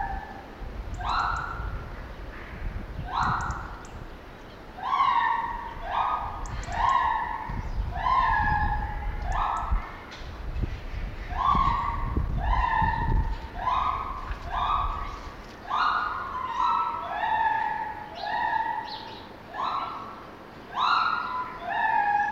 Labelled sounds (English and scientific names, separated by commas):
Lar Gibbon (Hylobates lar)